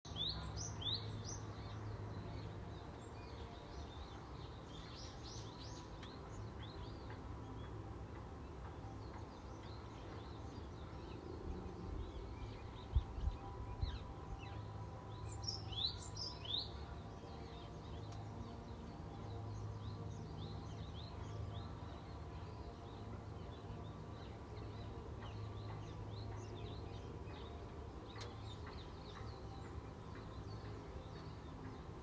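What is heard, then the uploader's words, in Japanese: Birds chirp in scattered high bursts, busiest near the start and around sixteen seconds, over a steady low hum that runs throughout. 鳥たちの鳴き声。東京にもたくさんの鳥がいで何かを語り合っています。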